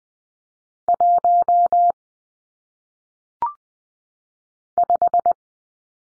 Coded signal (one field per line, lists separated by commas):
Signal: Morse code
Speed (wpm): 20 wpm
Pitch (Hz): 700 Hz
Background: none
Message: 1 5